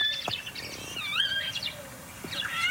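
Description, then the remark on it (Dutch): A mimicking bird gives a cat-like meow amid a string of high, thin whistles and chirps, with some sweeping, arched notes, all at moderate volume and without any talking. “Ah, nu een kat.”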